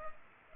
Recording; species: mosquito wingbeat signal from an infrared sensor; Culex pipiens